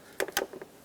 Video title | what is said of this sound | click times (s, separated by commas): How to Replace Throttle Body Assembly 2009-2014 Ford F-150 5.4L | make sure it clicks and lock it down with the red tab | 0.2 s, 0.4 s